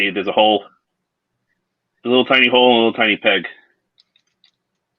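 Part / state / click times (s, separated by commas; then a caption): plastic peg into a hole on a robot figure panel / seated / 4.0 s, 4.2 s, 4.4 s. Small plastic pegs on a transforming robot figure are pressed into their matching little holes to join the panels. Someone talks first, then after a pause three small clicks are heard at 4.0, 4.16 and 4.4 seconds as the pegs seat.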